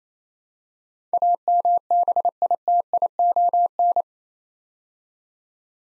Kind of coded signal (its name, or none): Morse code